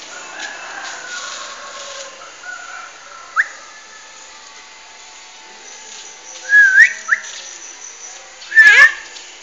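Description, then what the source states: Asian pied starling giving a few short, clear whistled notes, some rising or slurred, spaced irregularly over a faint steady background hiss. Tutor material for training songbirds.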